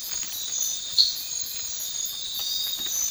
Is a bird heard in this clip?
no